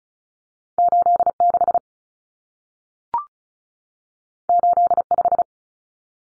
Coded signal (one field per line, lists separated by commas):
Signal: Morse code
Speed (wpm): 36 wpm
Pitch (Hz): 700 Hz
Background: none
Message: 86 85